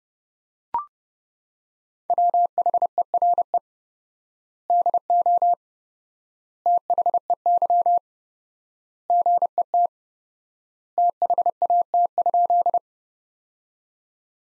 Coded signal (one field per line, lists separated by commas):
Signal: Morse code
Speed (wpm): 32 wpm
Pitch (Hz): 700 Hz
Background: none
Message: WHERE DO THEY GET THAT?